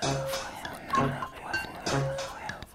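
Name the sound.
pigs grunting and oinking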